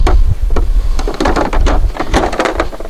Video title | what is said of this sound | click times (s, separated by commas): How To Unbox and Assemble a Pride Revo 2.0 Mobility Scooter 3 Wheel - New Review - Marc's Mobility | okay now we've got the battery locked | 2.6 s